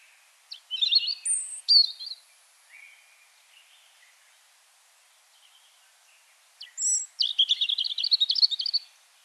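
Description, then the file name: European robin song: high liquid warbled phrases with a thin whistle, a long quiet gap, then a fast silvery trill of repeated notes. "Erithacus rubecula"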